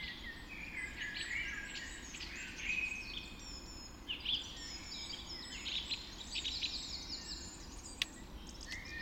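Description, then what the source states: Dawn chorus of overlapping songbirds, bursts of high trills and chirps, with a single sharp click near the end over quiet hiss. Dawn chorus recorded just after dawn in the Forest of Dean.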